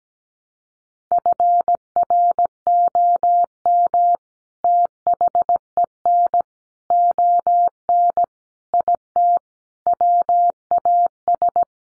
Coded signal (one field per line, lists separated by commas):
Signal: Morse code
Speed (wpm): 17 wpm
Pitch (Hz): 700 Hz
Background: none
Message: FROM THEN ON IT WAS